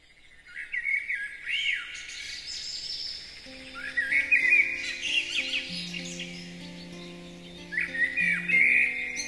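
Bird twittering sounds in three bursts of quick, upward-sweeping chirps, with low sustained tones entering partway through and holding beneath.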